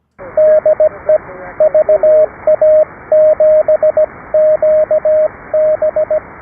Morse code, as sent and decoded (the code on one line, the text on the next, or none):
-.. . / ...- .- --... --.- -...
DE VA7QB